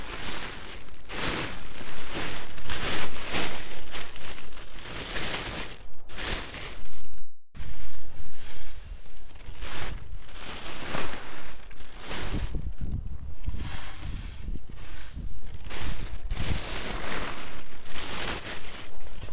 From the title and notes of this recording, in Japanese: 袋ガサ音 切り干し大根 干し台から回収。千切り大根が寒風にさらされ、カラカラに乾燥して切り干し大根の完成です！周りは冬枯れの畑。干し台から袋に回収します。